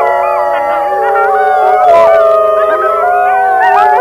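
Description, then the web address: Grey wolf: grey wolves howling together in a dense chorus, many overlapping sustained tones wavering and sliding against each other throughout. "gray wolf"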